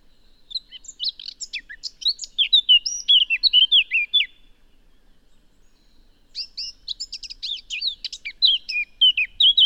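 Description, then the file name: Eurasian blackcap singing: two bursts of rapid, high, varied warbling and twittering notes, separated by a pause of about two seconds. "Sylvia atricapilla"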